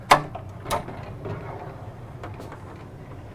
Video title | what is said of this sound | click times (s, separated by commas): 2022 Newmar Supreme Aire 4590 Super C Bunk Model | Slides across and locks into place. | 0.1 s